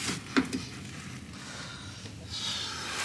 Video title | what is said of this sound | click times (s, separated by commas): VSE Dual Fuel Filter System Saver 3.0 Duramax Diesel Upgrade | make sure it clicks lock give it a good tug to make sure | 0.4 s